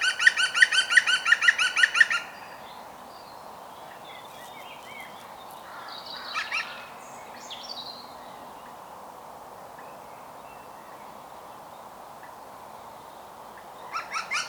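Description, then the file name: Green woodpecker's rapid laughing series of about a dozen ringing notes opens, then a long quiet stretch with scattered songbird notes before the series starts again at the end. "Groene Specht Picus viridis"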